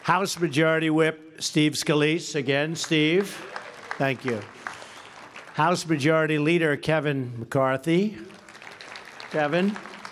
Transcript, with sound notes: House Majority Whip Steve Scalise. Again, Steve, thank you. (Applause.) House Majority Leader Kevin McCarthy. Kevin.